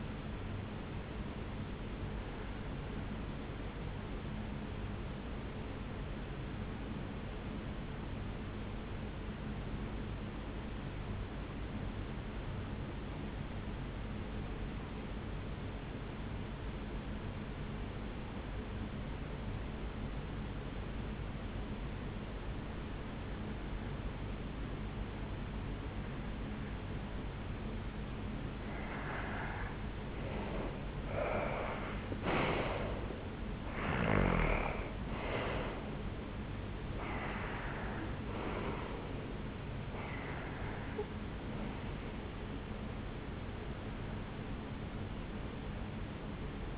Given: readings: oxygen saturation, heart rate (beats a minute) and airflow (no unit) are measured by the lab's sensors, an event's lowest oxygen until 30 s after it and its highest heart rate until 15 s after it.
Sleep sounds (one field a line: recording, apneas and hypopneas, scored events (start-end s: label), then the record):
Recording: breathing in sleep by a voice recorder at the bedside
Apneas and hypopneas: 1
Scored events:
7.00-30.20 s: hypopnea (REM, oxygen 95% highest, then 84% lowest, heart rate 57 at the start, 76 highest)
From the record:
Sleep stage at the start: REM sleep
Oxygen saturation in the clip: 80 to 95%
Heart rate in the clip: 56 to 76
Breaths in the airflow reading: 9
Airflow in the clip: -10.5 to 7.5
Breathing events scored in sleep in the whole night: 449 in 7.0 hours asleep